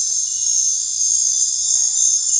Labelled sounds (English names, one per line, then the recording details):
none
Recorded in dense forest near Puerto Asís, Putumayo, Colombia, on 21 December 2024 at 20:30
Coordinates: 0.468, -76.322
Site G071